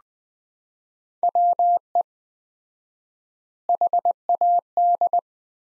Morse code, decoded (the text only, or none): WE HAD